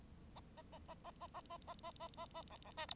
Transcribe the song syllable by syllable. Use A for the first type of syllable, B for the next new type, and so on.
A A A A A A A A A A A A A B B C D